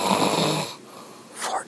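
A loud, rough, low rattling snore from an adult sleeper on one breath, then quiet before the next breath begins.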